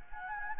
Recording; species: mosquito wingbeat signal from an infrared sensor; Anopheles gambiae